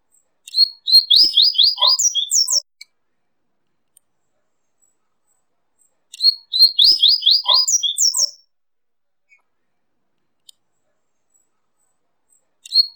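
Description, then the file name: Double-collared seedeater song: a rapid phrase of sharp downslurred whistled notes ending in high twitters, about two seconds long, given twice with a long silent gap, with a third phrase starting at the very end. "Canto de Coleirinho"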